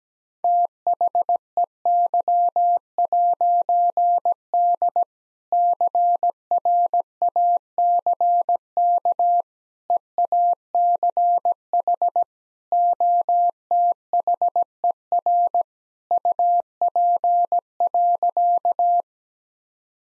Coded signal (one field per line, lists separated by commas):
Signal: Morse code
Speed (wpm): 17 wpm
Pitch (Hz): 700 Hz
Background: none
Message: THEY'D CRACK EACH OTHER UP.